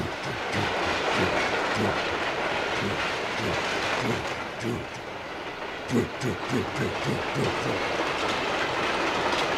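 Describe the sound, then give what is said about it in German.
Gordon, the steam locomotive from Thomas & Friends, comes up from the harbour pulling the express passenger train, chugging with a steady, loud rumble and hiss, its rhythmic low chuffs and clattering wheels repeating in quick bursts, with no one speaking. “Da kommt er gerade angedampft, unten vom Hafen her.”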